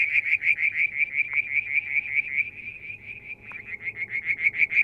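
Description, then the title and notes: Frog trill: a steady stream of quick rhythmic pulses at a high pitch, over a faint constant hum and low background rumble. One evening near the water tank at Mount Wilson, New South Wales, Australia, July 2022. "Frog song, Mount Wilson, New South Wales, Australia in July 2022 – by Alexander Moffatt. Limnodynastes Peronii, Litoria Verreauxii and a mystery frog one evening near the water tank"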